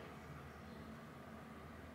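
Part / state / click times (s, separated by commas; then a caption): silicone sport band sliding into a smartwatch case band slot / not seated / none. A silicone sport band is slid into the band slot on the back of an Apple Watch SE case, over a steady low rumble with no sharp sounds. The band slides on without seating, and there is no click at any point.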